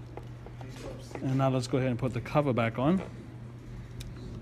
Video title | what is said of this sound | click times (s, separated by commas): How to: DJI Phantom3 Standard Gimbal Repair | you want to hear a little click and | 0.2 s